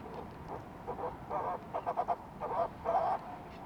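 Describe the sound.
Fulmar prion call: a short sequence of rasping, pulsed croaks growing stronger, with several quick notes bunched together midway.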